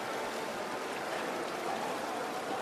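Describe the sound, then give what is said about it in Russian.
A steady, unbroken rush of water falling as a transparent curtain beside a rising lift in a shopping centre, a dense hiss spread evenly across the whole stretch with no pauses, no voices and no other sounds. “Лифт поднимается к прозрачному занавесу из падающей воды.”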